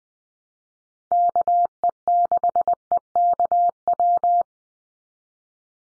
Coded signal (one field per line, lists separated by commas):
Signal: Morse code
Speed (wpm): 20 wpm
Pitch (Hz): 700 Hz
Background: none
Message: KE6EKW